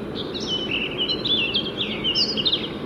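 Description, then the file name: Eurasian blackcap delivering a brisk chattering warble with clearer fluted notes woven through, nearly continuous across three seconds, low background hum beneath. "Sylvia atricapilla"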